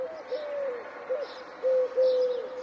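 A Eurasian collared dove (Streptopelia decaoctor) calls with low, hollow coos in a repeating rhythm, the final notes louder and more sustained, over a faint hiss with no talking.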